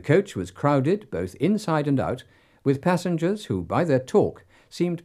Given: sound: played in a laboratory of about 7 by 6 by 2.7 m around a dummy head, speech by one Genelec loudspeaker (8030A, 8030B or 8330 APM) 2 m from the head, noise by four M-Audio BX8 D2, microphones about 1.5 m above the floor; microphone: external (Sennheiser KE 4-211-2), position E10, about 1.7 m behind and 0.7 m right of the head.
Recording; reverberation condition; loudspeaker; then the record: male speech in English; low; 150 degrees to the right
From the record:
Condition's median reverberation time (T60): about 310 ms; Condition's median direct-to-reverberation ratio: about 3.5 dB